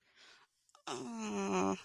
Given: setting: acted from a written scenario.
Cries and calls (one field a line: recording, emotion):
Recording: vocal sound without words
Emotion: shame